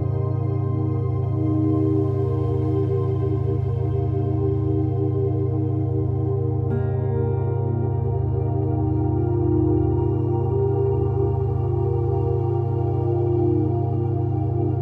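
Binaural beats for a beta state, made of steady layered tones that hum continuously with no pauses. A strong low drone sits under many stacked higher tones, and around the midpoint the upper tones shift slightly while the overall level stays constant.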